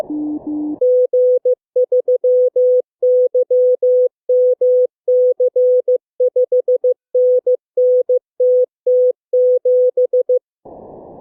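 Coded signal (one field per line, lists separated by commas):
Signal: Morse code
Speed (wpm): 15 wpm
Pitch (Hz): 500 Hz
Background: none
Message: G3YMC 5NN TT7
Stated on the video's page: Morse Runner, a computer program emulating an HF contest.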